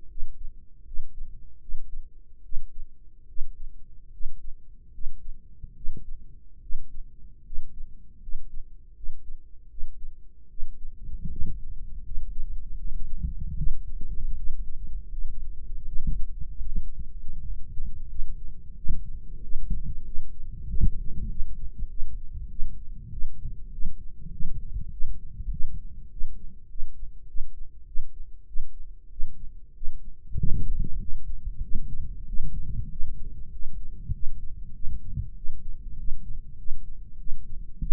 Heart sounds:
heart sounds by microphone in the right ear; 87 bpm
0.07 s: heartbeat
0.83 s: heartbeat
1.59 s: heartbeat
2.42 s: heartbeat
3.26 s: heartbeat
4.10 s: heartbeat
4.91 s: heartbeat
5.73 s: heartbeat
6.59 s: heartbeat
7.42 s: heartbeat
8.19 s: heartbeat
8.93 s: heartbeat
9.67 s: heartbeat
10.47 s: heartbeat
11.28 s: heartbeat
12.02 s: heartbeat
12.75 s: heartbeat
13.54 s: heartbeat
14.34 s: heartbeat
15.09 s: heartbeat
15.84 s: heartbeat
16.63 s: heartbeat
17.38 s: heartbeat
18.06 s: heartbeat
18.74 s: heartbeat
19.40 s: heartbeat
20.03 s: heartbeat
20.66 s: heartbeat
21.27 s: heartbeat
21.87 s: heartbeat
22.48 s: heartbeat
23.09 s: heartbeat
23.70 s: heartbeat
24.30 s: heartbeat
24.89 s: heartbeat
25.49 s: heartbeat
26.09 s: heartbeat
26.68 s: heartbeat
27.26 s: heartbeat
27.85 s: heartbeat
28.45 s: heartbeat
29.09 s: heartbeat
29.73 s: heartbeat
30.35 s: heartbeat
30.97 s: heartbeat
31.60 s: heartbeat
32.25 s: heartbeat
32.88 s: heartbeat
33.50 s: heartbeat
34.11 s: heartbeat
34.72 s: heartbeat
35.34 s: heartbeat
35.96 s: heartbeat
36.56 s: heartbeat
37.17 s: heartbeat
37.79 s: heartbeat
From the record:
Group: healthy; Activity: cold pressor test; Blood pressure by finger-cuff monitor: 146/85 mmHg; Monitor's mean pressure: 104 mmHg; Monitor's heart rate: 81 bpm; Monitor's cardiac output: 6.5 L/min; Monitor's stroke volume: 81 mL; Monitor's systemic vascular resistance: 1230 dyn s/cm5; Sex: male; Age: 21 years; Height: 180 cm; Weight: 67.5 kg

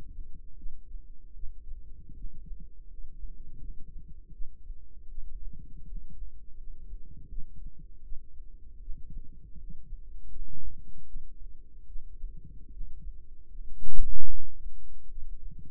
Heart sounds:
heart sounds by microphone in the right ear; 79 bpm
0.54 s: heartbeat
1.32 s: heartbeat
2.12 s: heartbeat
2.85 s: heartbeat
3.56 s: heartbeat
4.30 s: heartbeat
5.07 s: heartbeat
5.84 s: heartbeat
6.55 s: heartbeat
7.26 s: heartbeat
8.01 s: heartbeat
8.78 s: heartbeat
9.55 s: heartbeat
10.27 s: heartbeat
11.05 s: heartbeat
11.84 s: heartbeat
12.69 s: heartbeat
13.46 s: heartbeat
14.26 s: heartbeat
15.06 s: heartbeat
From the record:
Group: healthy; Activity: rest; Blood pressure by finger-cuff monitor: 106/61 mmHg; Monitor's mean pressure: 78 mmHg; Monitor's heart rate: 77 bpm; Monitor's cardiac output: 7.2 L/min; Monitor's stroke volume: 92 mL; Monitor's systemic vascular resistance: 790 dyn s/cm5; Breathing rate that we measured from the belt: 17 breaths a minute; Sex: female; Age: 26 years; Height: 165 cm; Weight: 55 kg

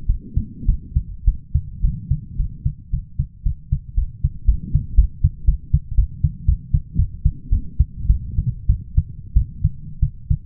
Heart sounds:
heart sounds by stethoscope; 109 bpm
0.07 s: heartbeat
0.66 s: heartbeat
1.25 s: heartbeat
1.82 s: heartbeat
2.37 s: heartbeat
2.91 s: heartbeat
3.43 s: heartbeat
3.95 s: heartbeat
4.46 s: heartbeat
4.95 s: heartbeat
5.45 s: heartbeat
5.95 s: heartbeat
6.45 s: heartbeat
6.96 s: heartbeat
7.50 s: heartbeat
8.07 s: heartbeat
8.67 s: heartbeat
9.34 s: heartbeat
10.00 s: heartbeat
From the record:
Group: healthy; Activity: cold pressor test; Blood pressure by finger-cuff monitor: 175/126 mmHg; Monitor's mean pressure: 146 mmHg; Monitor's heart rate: 109 bpm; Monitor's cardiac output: 8 L/min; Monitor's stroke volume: 71 mL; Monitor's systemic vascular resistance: 1350 dyn s/cm5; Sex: male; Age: 23 years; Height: 179 cm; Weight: 87 kg

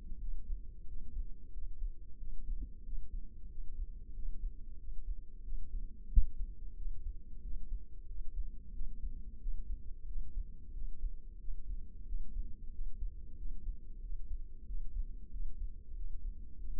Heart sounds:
heart sounds by microphone in the left ear; 92 bpm
0.22 s: heartbeat
0.89 s: heartbeat
1.54 s: heartbeat
2.20 s: heartbeat
2.86 s: heartbeat
3.51 s: heartbeat
4.16 s: heartbeat
4.80 s: heartbeat
5.45 s: heartbeat
6.12 s: heartbeat
6.78 s: heartbeat
7.44 s: heartbeat
8.09 s: heartbeat
8.75 s: heartbeat
9.41 s: heartbeat
10.09 s: heartbeat
10.75 s: heartbeat
11.41 s: heartbeat
12.08 s: heartbeat
12.74 s: heartbeat
13.39 s: heartbeat
14.03 s: heartbeat
14.68 s: heartbeat
15.33 s: heartbeat
15.97 s: heartbeat
16.61 s: heartbeat
From the record:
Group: healthy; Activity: rest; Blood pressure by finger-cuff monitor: 156/98 mmHg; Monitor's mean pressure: 117 mmHg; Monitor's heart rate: 91 bpm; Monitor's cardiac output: 7.2 L/min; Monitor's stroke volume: 79 mL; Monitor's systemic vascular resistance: 1210 dyn s/cm5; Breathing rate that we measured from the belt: 20 breaths a minute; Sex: male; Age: 21 years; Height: 175 cm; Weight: 72.6 kg

